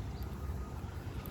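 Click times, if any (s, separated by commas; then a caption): none. A Torx driver bit that comes with three-inch screws is being handled toward the quick-change holder of a drill or driver. Mostly steady low rumbling background noise is heard, with a brief faint tick at 1.3 seconds. Nothing has seated or clicked yet.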